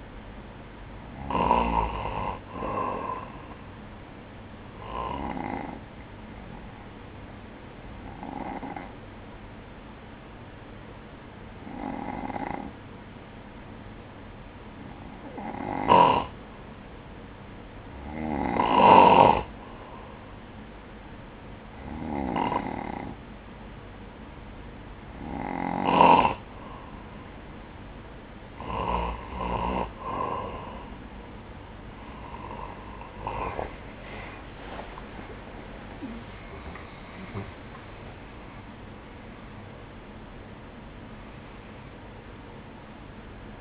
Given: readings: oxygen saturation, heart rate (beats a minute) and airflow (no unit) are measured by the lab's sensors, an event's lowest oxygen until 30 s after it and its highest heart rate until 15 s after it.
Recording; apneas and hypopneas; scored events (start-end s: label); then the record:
breathing in sleep by a voice recorder at the bedside; 1
10.00-30.20 s: hypopnea (N2, oxygen 96% highest, then 93% lowest, heart rate 59 at the start, 72 highest)
39.00-43.61 s: new sleep stage, N1 (lightest sleep)
From the record:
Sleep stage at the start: N2 (light sleep); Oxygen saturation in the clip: 93 to 96%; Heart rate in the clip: 57 to 72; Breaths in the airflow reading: 13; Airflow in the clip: -15.6 to 12.8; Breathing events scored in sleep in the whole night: 180 in 6.7 hours asleep